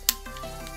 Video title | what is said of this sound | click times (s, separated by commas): 1932 Ford chopped sedan (updateno, 2) Tom's appreciation build | but it does actually does click right into place you just mock up one side and | 0.1 s